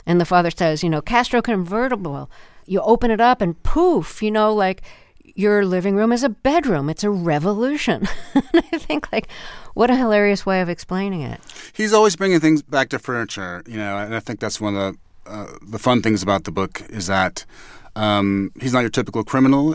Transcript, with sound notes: And the father says, you know, Castro convertible. You open it up and, poof, you know, like, your living room is a bedroom. It's a revolution (laughter). And I think, like, what a hilarious way of explaining it.
He's always bringing things back to furniture, you know? And I think that's one of the fun things about the book, is that he's not your typical criminal.